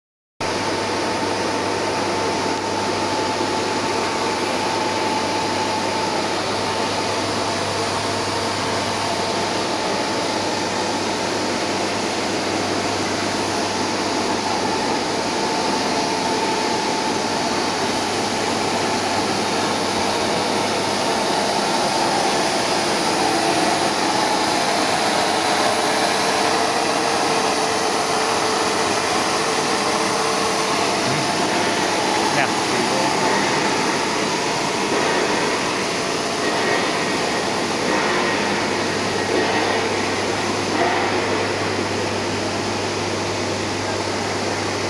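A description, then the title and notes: A hot air welding machine for spiral ducting runs with a steady whir and low hum, a faint tone shifting midway. Full automatic Hot air welding machine for Spiral ducting.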